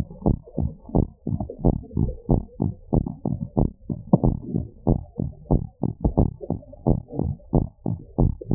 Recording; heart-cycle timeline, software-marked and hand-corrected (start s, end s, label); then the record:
heart sounds
0.00	0.06	S2
0.06	0.26	diastole
0.26	0.38	S1
0.38	0.60	systole
0.60	0.72	S2
0.72	0.96	diastole
0.96	1.08	S1
1.08	1.32	systole
1.32	1.42	S2
1.42	1.64	diastole
1.64	1.76	S1
1.76	1.98	systole
1.98	2.10	S2
2.10	2.30	diastole
2.30	2.42	S1
2.42	2.62	systole
2.62	2.72	S2
2.72	2.94	diastole
2.94	3.04	S1
3.04	3.26	systole
3.26	3.36	S2
3.36	3.58	diastole
3.58	3.70	S1
3.70	3.90	systole
3.90	3.98	S2
3.98	4.22	diastole
4.22	4.36	S1
4.36	4.56	systole
4.56	4.66	S2
4.66	4.88	diastole
4.88	5.00	S1
5.00	5.20	systole
5.20	5.30	S2
5.30	5.52	diastole
5.52	5.62	S1
5.62	5.84	systole
5.84	5.94	S2
5.94	6.16	diastole
6.16	6.30	S1
6.30	6.52	systole
6.52	6.62	S2
6.62	6.88	diastole
6.88	7.00	S1
7.00	7.24	systole
7.24	7.34	S2
7.34	7.54	diastole
7.54	7.66	S1
7.66	7.88	systole
7.88	7.98	S2
7.98	8.20	diastole
8.20	8.34	S1
8.34	8.55	systole
From the record:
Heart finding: normal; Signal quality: good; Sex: female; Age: 34 years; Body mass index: 28